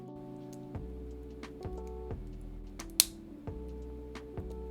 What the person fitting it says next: That was a very satisfying snap.